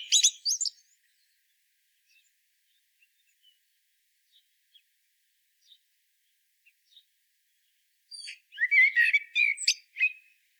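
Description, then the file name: Common blackbird song: a scratchy high fragment at the start, long near-silence with faint ticks, then a full warbling phrase ending in squeaky twitters. "Turdus merula"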